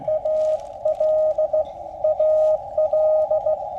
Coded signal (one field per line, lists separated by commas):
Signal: Morse code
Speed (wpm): 15 wpm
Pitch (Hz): 620 Hz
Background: radio noise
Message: AL AL